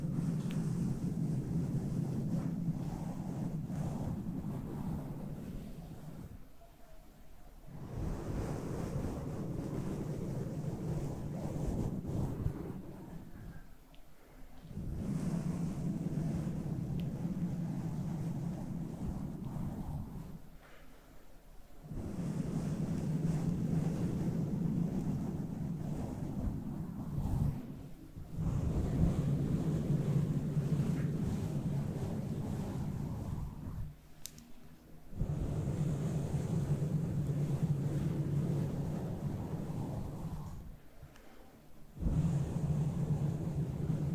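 Low brushing sounds against a fluffy microphone, heavy and rumbling like wind or surf. Long stretches of steady rubbing are broken by brief silent pauses about every six or seven seconds, near 7, 14, 21, 28, 34 and 41 seconds.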